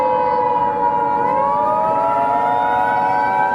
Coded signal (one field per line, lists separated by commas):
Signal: Emergency Alert System (SAME) tones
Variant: 853 and 960 Hz attention tone